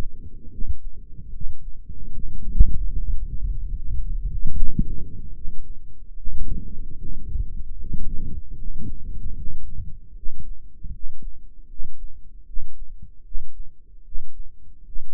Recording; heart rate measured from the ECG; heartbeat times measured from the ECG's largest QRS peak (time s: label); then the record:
heart sounds by microphone in the right ear; 75 bpm
0.50 s: heartbeat
1.31 s: heartbeat
2.10 s: heartbeat
2.91 s: heartbeat
3.73 s: heartbeat
4.53 s: heartbeat
5.32 s: heartbeat
6.14 s: heartbeat
6.97 s: heartbeat
7.77 s: heartbeat
8.55 s: heartbeat
9.35 s: heartbeat
10.14 s: heartbeat
10.91 s: heartbeat
11.67 s: heartbeat
12.45 s: heartbeat
13.23 s: heartbeat
14.03 s: heartbeat
14.83 s: heartbeat
From the record:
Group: healthy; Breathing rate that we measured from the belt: 18 breaths a minute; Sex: male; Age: 35 years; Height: 180 cm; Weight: 86.9 kg